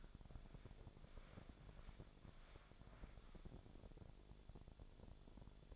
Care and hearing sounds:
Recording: daily activity, microphone in the room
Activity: walk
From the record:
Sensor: 5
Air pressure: 1000.6 hPa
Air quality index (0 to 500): 142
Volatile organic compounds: 2 ppm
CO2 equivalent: 1106 ppm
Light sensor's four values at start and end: 47/110/46/48 and 47/110/46/48

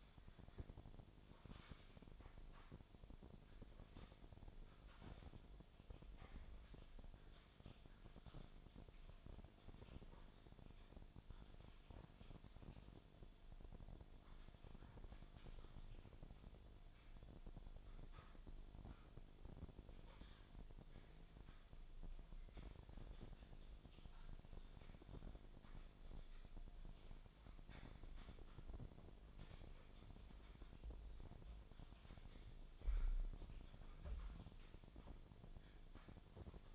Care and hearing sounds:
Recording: daily activity, microphone in the room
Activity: typing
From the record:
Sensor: 5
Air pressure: 1009.6 hPa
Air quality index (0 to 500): 168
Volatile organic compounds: 4 ppm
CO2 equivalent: 1629 ppm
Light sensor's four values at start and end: 104/275/112/120 and 104/275/112/120

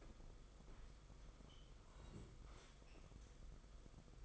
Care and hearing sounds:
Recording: daily activity, microphone in the room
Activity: sit down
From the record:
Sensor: 5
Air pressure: 990.8 hPa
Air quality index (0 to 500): 150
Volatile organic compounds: 160 ppm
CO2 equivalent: 4067 ppm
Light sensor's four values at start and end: 41/126/48/52 and 41/127/48/52

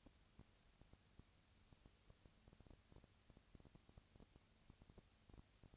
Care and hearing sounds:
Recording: daily activity, microphone in the room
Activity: no activity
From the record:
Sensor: 2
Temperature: 20.1 degrees Celsius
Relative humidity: 35.5%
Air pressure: 997.0 hPa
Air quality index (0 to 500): 198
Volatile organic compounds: 30 ppm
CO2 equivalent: 2963 ppm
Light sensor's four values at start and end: 2/3/2/2 and 2/3/2/2

